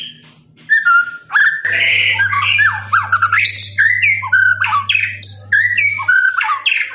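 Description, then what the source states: Lovebird chattering song, a rapid jumble of squawky, rising and falling notes, with a steady low hum underneath for most. Long trilling "ngekek" song used for training birds.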